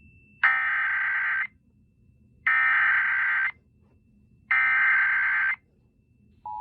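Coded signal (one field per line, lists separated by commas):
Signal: Emergency Alert System (SAME) tones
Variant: header bursts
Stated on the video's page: Fictional EAS scenario, self-made, not a real alert.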